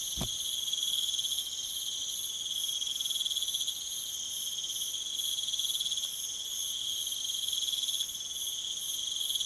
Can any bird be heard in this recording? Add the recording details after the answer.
no. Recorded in pastures near Puerto Asís, Putumayo, Colombia, on 19 June 2025 at 22:30. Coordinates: 0.487, -76.322. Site H26